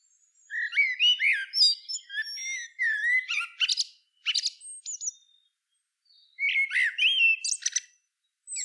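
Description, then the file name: Common blackbird song: mellow warbled whistles mixed with thin high twittering, in phrases separated by pauses. "Turdus merula"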